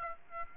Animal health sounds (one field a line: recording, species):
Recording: mosquito wingbeat signal from an infrared sensor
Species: Aedes aegypti